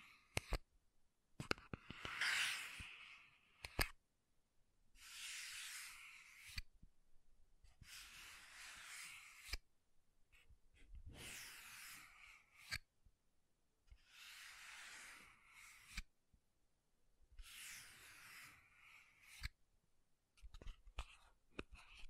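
Makeup being tapped and scratched, with sharp clicks and taps scattered through the clip between longer hissy scratching passes. The scratching comes in bursts of about a second or two, roughly every two to three seconds, separated by near silence and isolated taps.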